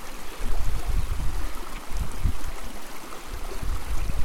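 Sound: small stream flowing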